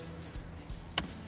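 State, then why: Seated. On a 2004–2008 Ford F-150 with the 5.4L engine, the small upper EVAP vapor hose's plastic quick-connect fitting is pressed onto the port of a new purge valve. A low background hum with a couple of soft bumps leads up to a single sharp, short click at 0.98 s as the fitting seats.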